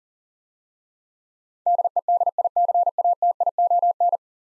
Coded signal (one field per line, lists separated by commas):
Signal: Morse code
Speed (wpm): 37 wpm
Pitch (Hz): 700 Hz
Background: none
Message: DEDICATION